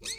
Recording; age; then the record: pig call; weaner (32 to 43 days)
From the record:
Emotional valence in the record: negative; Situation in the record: short isolation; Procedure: open field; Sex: female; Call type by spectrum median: high-frequency call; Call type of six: high-frequency stable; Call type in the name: high-frequency stable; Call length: 0.19 s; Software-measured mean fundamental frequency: 457 Hz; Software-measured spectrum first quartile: 3323 Hz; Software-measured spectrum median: 5093 Hz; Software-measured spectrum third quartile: 7227 Hz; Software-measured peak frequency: 4272 Hz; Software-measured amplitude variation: 175 dB a second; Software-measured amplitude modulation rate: 13.3 a second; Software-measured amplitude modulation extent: 13.2 dB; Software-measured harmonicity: 5.9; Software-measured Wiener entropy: -2.43